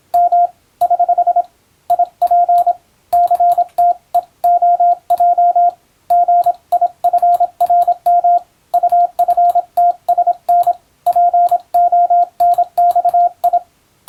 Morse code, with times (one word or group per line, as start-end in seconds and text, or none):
0.1-0.5 M
0.8-1.4 <HH>
1.9-2.7 IP
3.1-5.7 CTEOJ
6.1-8.4 GIFRM
8.7-10.7 UFTSN
11.1-13.6 PONXI